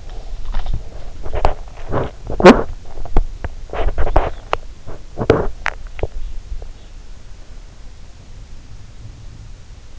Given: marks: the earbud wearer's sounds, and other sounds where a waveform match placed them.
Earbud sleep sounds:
sounds in sleep by an in-ear microphone; body movement, teeth grinding
0.00-5.50 s: body movement
5.50-6.34 s: teeth grinding

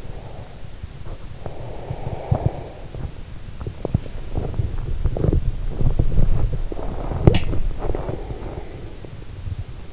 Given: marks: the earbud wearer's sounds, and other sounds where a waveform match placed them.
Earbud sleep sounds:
sounds in sleep by an in-ear microphone; breath, teeth grinding, body movement
0.00-0.74 s: breath
1.04-2.26 s: breath
2.24-2.53 s: teeth grinding
2.85-3.13 s: teeth grinding
3.61-7.25 s: body movement
7.25-7.54 s: sound from someone else or the room
7.54-9.76 s: body movement

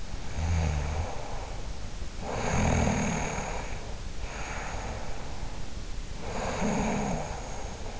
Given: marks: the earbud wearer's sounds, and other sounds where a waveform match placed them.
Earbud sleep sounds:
sounds in sleep by an in-ear microphone; snoring breath
0.17-3.95 s: snoring breath
4.47-8.00 s: snoring breath

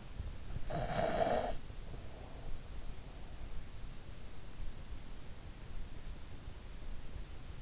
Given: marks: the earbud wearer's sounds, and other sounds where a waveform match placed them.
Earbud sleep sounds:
sounds in sleep by an in-ear microphone; snoring breath
0.00-1.95 s: snoring breath

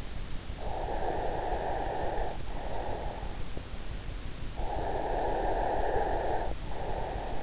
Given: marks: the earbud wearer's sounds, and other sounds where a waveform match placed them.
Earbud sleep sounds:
sounds in sleep by an in-ear microphone; breath
0.38-3.83 s: breath
4.26-7.43 s: breath

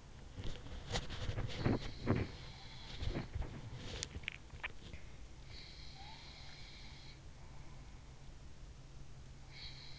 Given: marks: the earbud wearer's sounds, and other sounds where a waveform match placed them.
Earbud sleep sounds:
sounds in sleep by an in-ear microphone; body movement, teeth grinding, swallowing
0.00-5.37 s: body movement
4.15-4.46 s: teeth grinding
4.55-5.12 s: swallowing
5.48-7.77 s: sound from someone else or the room
9.02-9.99 s: sound from someone else or the room

